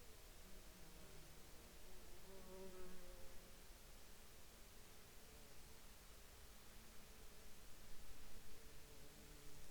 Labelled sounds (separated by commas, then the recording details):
insects
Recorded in the Arctic National Wildlife Refuge, Alaska, on 19 July 2021 at 13:05
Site 42